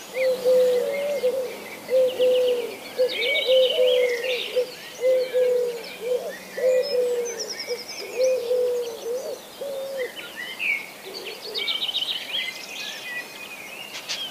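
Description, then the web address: Eurasian collared dove giving repeated low soft coos for several seconds, then falling quiet while other birds keep chirping and twittering. "bbc Bird Song Site Collared Dove - Colombe (de col )"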